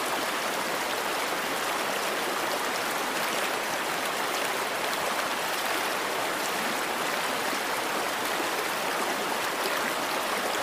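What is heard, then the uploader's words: Rushing water flows steadily throughout, a dense, even hiss with bright spray and a softer low rumble beneath. The sound holds constant with no distinct events, like a stream or cascade pouring without pause. Sounds Of Water In Yellowstone National Park.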